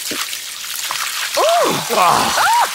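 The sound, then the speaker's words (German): Water pours and splashes from a watering can held by Arthur, a steam-driven servant, in a steady, hissing stream, while a few short rising-and-falling vocal cries break out over it near the end. “Onkel, was will Arthur mit der Gießkanne?”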